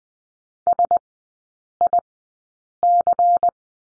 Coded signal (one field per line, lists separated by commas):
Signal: Morse code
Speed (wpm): 20 wpm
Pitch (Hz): 700 Hz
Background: none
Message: SIC